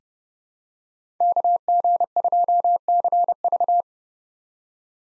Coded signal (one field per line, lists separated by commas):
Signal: Morse code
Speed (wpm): 29 wpm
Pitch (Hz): 700 Hz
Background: none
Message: KG2CV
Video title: 2023 POTA Hunter Call Signs - 30wpm